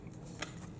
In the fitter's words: it's not fully seated